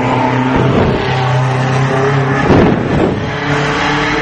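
A modified car roars past on the Planalto with a loud, steady engine drone and strong low harmonics, swelling briefly midway as it passes, then holding a throaty rumble.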